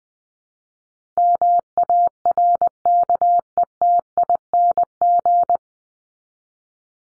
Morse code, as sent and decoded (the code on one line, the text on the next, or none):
-- .- .-. -.- . - .. -. --.
MARKETING